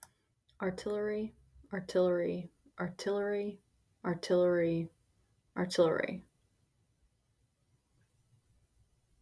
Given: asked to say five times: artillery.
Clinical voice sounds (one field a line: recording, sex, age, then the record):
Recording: repeated word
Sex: female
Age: 30 to 39 years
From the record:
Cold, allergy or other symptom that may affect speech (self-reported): no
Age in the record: 34 years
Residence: Georgia, United States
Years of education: 17